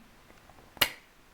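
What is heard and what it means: A steel snap ring is worked into a 5HP18 transmission clutch drum (the A clutch drum), with the left thumb pushing it into position while the right hand pulls its other end. A faint tick at 0.8 s is followed immediately by a sharp, bright metallic click at 0.8 s as the snap ring seats in place.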